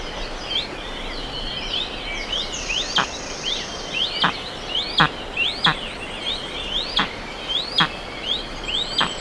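Bird calls: sharp chirps that rise then fall, repeated regularly through a steady hiss, with other faint chirps behind.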